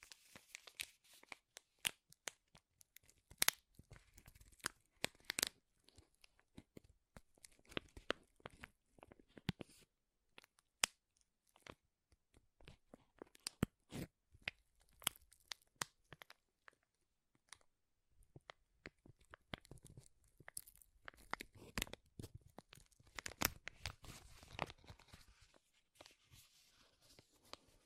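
Crinkling plastic or foil is handled throughout, a dense run of sharp crackles and snaps that reach from low thuds up to bright, hissy tops. Busy bursts alternate with sparser stretches, most thinly around ten and eighteen seconds, before the crinkling thickens again near the end.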